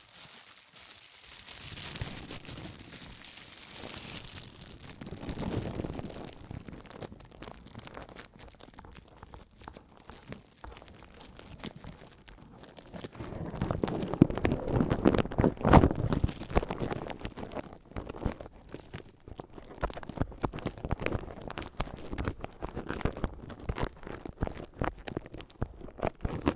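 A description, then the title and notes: Scratching and tapping on a microphone, a dense crackling rasp of quick irregular strokes throughout. Louder rubbing swells come around 5 seconds and again from about 14 to 17 seconds, with sharp taps and clicks scattered through the last stretch. ASMR Mic Tapping and Scratching (No Talking).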